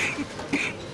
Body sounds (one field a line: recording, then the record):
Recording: coughing mixed with background sound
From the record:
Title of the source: 64 coughing, allergies, singing lungs